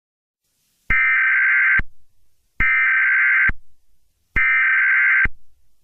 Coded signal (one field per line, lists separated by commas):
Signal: Emergency Alert System (SAME) tones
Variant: header bursts